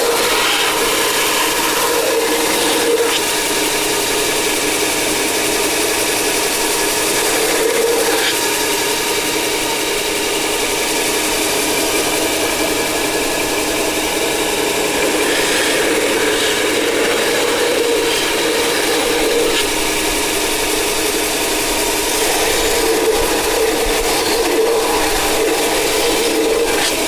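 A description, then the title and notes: A belt sander runs continuously, shaving wood with a dense, steady rasping hiss that fills the upper range. Underneath sits a constant motor drone, with brief brighter scraping bursts around 3, 8, 16 and 23 seconds as pressure on the wood shifts. Shaving off the wood for the Bullroarer workshop. Belt Sander.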